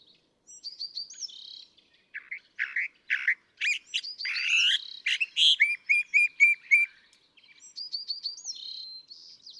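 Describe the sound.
California thrasher song of varied phrases: high sliding whistles, harsh clipped notes and a rapid repeated chip series mid-way, then more high whistled phrases near the end.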